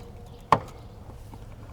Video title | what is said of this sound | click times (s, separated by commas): Mazda 3 Rear LEDs - Brake, Turn-Signal, and Backup Bulb Replacements / Upgrade | Give it a little twist so it clicks. | 0.5 s